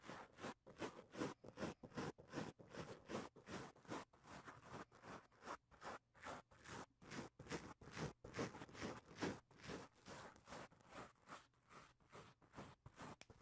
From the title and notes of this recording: Mic touching. Sounds like: corduroys after wash day, getting your jeans drawn on in high school, grooming a Wookiee.